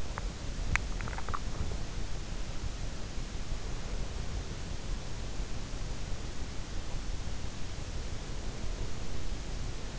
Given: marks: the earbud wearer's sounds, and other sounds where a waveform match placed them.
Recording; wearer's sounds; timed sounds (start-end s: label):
sounds in sleep by an in-ear microphone; swallowing
0.00-1.81 s: swallowing